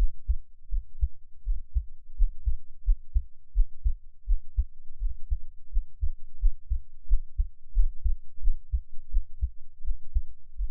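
Soft, low thumping heartbeats repeat steadily at about 87 per minute, with a faint low hum between them and no other sounds. An adult heartbeat picked up close to the chest with an NT5 microphone, at an ordinary resting rate.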